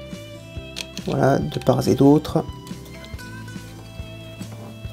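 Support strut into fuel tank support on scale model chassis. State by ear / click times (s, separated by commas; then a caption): seated / 0.8 s. A plastic/metal support strut is pushed into the fuel tank support on the chassis of a 1/8 scale Lancia 037 model kit. It clips into place with a short, sharp click at 0.8 s, fitted on both sides, while someone talks over steady background music.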